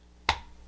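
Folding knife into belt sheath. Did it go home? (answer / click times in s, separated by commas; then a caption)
yes / 0.3 s. A folding knife is pressed into the plastic retention liner of its belt sheath and snaps into place with a single sharp click at 0.3 s. The knife is held in the sheath's retention.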